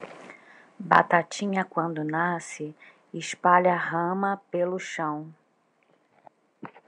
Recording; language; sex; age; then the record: short text; Brazilian Portuguese; female; 30 to 39 years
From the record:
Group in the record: control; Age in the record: 39 years